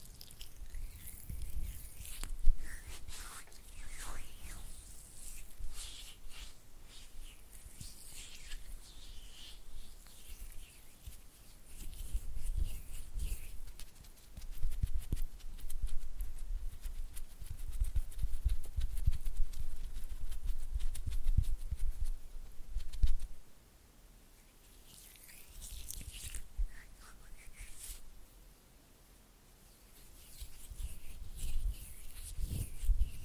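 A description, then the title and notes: Slick hand sounds of oily palms rubbing and fingers fluttering, with bright wet crackles and soft low thumps. The activity comes in busy stretches, densest from about 15 to 23 seconds, broken by brief near-silent pauses before resuming toward the end. ASMR Oily Hand and Flutter Finger Sounds (No Talking).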